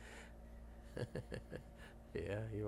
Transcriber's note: laughs